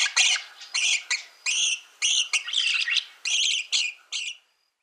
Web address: Schulze Peter Rosecoloured Starling calls